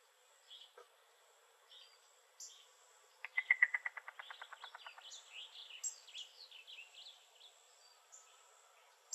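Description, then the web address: Yellow-billed cuckoo calling: a fast run of many dry, knocking notes, followed by high chirping sounds. Recorded in Arizona. "Cuckoos AZFO YBCU 2 Deviche"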